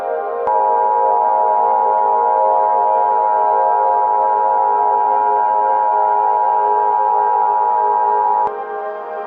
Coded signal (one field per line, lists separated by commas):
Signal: Emergency Alert System (SAME) tones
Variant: 853 and 960 Hz attention tone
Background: music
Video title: EAS Scenario - Over the Mountains and Far Away